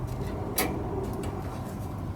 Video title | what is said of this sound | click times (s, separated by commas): How to change the fuel filter in a 1997-2004 F150 | on it okay it's locked then | 0.6 s